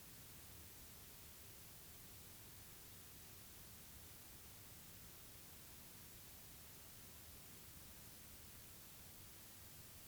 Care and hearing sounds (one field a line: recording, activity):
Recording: daily activity, guitar pickup as the sensor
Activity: lie down